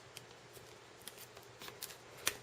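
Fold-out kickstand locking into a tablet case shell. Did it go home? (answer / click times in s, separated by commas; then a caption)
yes / 2.3 s. The fold-out plastic kickstand on a Body Glove Reflex snap-on case for a Samsung Galaxy Tab 7" is swung into position, with faint ticks and handling rustles at 0.2, 1.1 and 1.8 s. At 2.3 s a sharp, bright snap marks the kickstand locking into the case shell, and it is seated.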